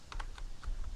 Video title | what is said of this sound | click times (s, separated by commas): FIELD PHONE OPS: Peoples Republic of Romania TC 72 Field Phone | Pops right in. | 0.1 s